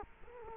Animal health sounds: mosquito wingbeat signal from an infrared sensor; Culex quinquefasciatus

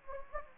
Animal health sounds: mosquito wingbeat signal from an infrared sensor; Anopheles gambiae

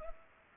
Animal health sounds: mosquito wingbeat signal from an infrared sensor; Culex pipiens

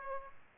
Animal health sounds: mosquito wingbeat signal from an infrared sensor; Aedes aegypti

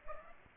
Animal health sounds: mosquito wingbeat signal from an infrared sensor; Aedes aegypti

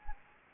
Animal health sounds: mosquito wingbeat signal from an infrared sensor; Anopheles gambiae

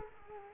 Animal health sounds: mosquito wingbeat signal from an infrared sensor; Culex quinquefasciatus

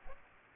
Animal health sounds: mosquito wingbeat signal from an infrared sensor; Culex pipiens

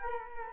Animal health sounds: mosquito wingbeat signal from an infrared sensor; Culex quinquefasciatus

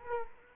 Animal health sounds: mosquito wingbeat signal from an infrared sensor; Culex quinquefasciatus

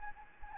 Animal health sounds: mosquito wingbeat signal from an infrared sensor; Anopheles arabiensis

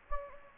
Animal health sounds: mosquito wingbeat signal from an infrared sensor; Anopheles gambiae

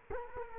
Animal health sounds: mosquito wingbeat signal from an infrared sensor; Culex quinquefasciatus

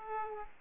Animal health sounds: mosquito wingbeat signal from an infrared sensor; Aedes aegypti

